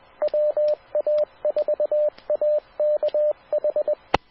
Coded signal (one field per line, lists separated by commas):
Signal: Morse code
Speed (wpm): 20 wpm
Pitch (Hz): 600 Hz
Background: radio noise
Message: WA4AKH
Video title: 🔴LIVE Florida's Amatere Radio Repeaters Using QueCast, Never Miss a Thing!